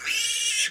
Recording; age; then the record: pig call; piglet (1 to 25 days)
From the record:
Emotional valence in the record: negative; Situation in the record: castration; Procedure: castration, shear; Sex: male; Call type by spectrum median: high-frequency call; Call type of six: high-frequency modulated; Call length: 0.71 s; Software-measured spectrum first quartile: 2763 Hz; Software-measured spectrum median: 4320 Hz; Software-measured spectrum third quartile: 6938 Hz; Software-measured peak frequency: 2870 Hz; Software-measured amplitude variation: 117 dB a second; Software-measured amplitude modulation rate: 22.6 a second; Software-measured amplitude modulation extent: 5.2 dB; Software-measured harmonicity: 3.5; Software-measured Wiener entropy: -2.20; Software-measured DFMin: 785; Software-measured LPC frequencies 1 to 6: 1695, 2778, 3258, 5769, 7458, 7964 Hz